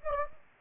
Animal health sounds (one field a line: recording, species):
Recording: mosquito wingbeat signal from an infrared sensor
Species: Anopheles gambiae